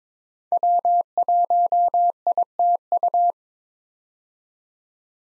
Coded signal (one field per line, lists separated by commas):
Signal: Morse code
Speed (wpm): 22 wpm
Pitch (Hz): 700 Hz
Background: none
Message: W1ITU